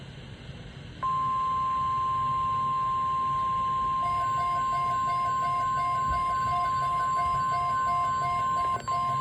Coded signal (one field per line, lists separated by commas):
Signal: Emergency Alert System (SAME) tones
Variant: 1050 Hz attention tone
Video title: EAS #38 (SVA #440)